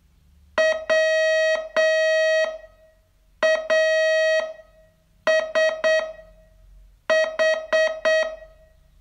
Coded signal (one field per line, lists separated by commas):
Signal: Morse code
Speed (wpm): 8 wpm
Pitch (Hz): 640 Hz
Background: none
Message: WASH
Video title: Learn Morse in 42 Days from VU2LAU - day 27 tse